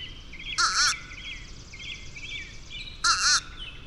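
Bird uttering two rasping, buzzy calls roughly two and a half seconds apart, with soft chirps from other birds in between.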